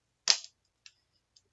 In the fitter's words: You hear that clicking, and now these can be separated.